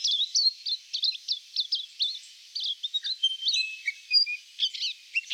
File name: silvereye